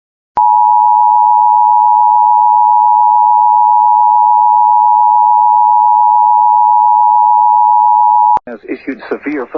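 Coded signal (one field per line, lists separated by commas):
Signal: Emergency Alert System (SAME) tones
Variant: 853 and 960 Hz attention tone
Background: speech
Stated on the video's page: EAS severe thunderstorm watch.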